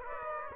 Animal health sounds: mosquito wingbeat signal from an infrared sensor; Aedes aegypti

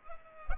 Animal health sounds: mosquito wingbeat signal from an infrared sensor; Culex pipiens

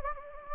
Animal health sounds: mosquito wingbeat signal from an infrared sensor; Anopheles gambiae

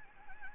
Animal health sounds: mosquito wingbeat signal from an infrared sensor; Anopheles gambiae

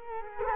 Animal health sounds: mosquito wingbeat signal from an infrared sensor; Culex quinquefasciatus

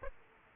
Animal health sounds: mosquito wingbeat signal from an infrared sensor; Aedes aegypti

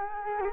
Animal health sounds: mosquito wingbeat signal from an infrared sensor; Culex quinquefasciatus

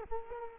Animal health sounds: mosquito wingbeat signal from an infrared sensor; Culex quinquefasciatus

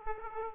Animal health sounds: mosquito wingbeat signal from an infrared sensor; Aedes aegypti

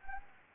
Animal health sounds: mosquito wingbeat signal from an infrared sensor; Anopheles gambiae

